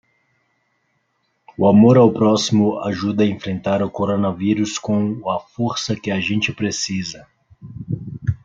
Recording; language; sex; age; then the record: spoken sentence; Brazilian Portuguese; male; 30 to 39 years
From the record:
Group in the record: control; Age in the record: 30 years